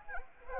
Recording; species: mosquito wingbeat signal from an infrared sensor; Anopheles arabiensis